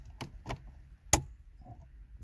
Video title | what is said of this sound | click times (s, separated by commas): WYMIANA PRZYCISKU i PIERŚCIENIA START STOP ENGINE BMW E87 E90 E60 E70 E71 E65 X1 X3 X5 X6 | sobie kliknął. | 1.1 s